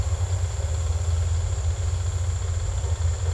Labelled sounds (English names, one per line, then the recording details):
none
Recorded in secondary vegetation near Puerto Asís, Putumayo, Colombia, on 20 December 2024 at 15:30
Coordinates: 0.468, -76.324
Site G095